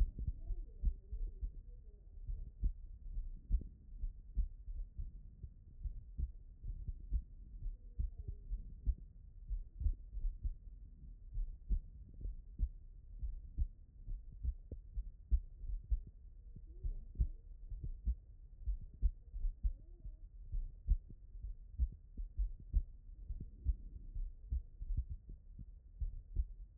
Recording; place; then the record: heart sounds by stethoscope; pulmonary valve (PV)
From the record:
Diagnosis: HFrEF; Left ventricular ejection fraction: 29%